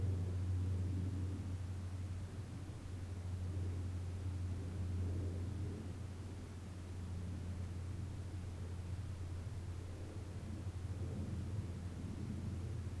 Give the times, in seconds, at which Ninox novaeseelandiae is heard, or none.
none